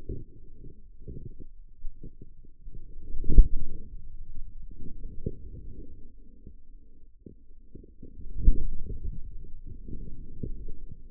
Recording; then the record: forearm muscle sounds (acoustic myography)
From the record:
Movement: inward rotation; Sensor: system 2, bracelet of six BSWA MPA416 microphones around the upper forearm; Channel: 6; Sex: male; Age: 22 years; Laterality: right